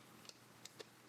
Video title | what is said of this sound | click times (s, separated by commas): DON'T LOSE FILES! UGREEN NAS Setup and Review | it kind of clicks into place. | 0.3 s, 0.7 s, 0.8 s